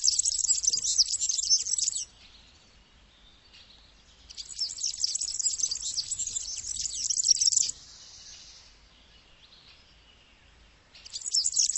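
Bird twittering in dense, high chattering bursts of a few seconds, with quiet gaps between them and a new burst starting near the end.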